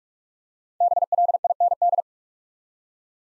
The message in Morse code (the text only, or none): BLIND